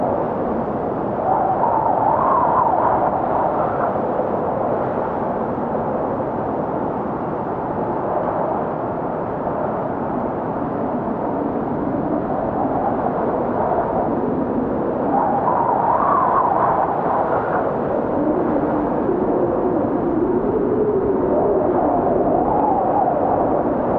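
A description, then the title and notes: Blizzard wind roars in a dense, steady wash, mostly low and midrange with nothing bright above it. Brief whistling tones rise out of the roar around two seconds and again near sixteen, with softer whines toward the end. Blizzard Wind Cold 8 Hour Sleep Sound Meditation.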